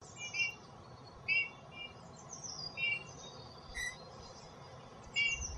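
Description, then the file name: Eurasian bullfinch calling with soft, short whistled notes, about six brief calls at irregular intervals over a quiet, hissy background. "gimpel"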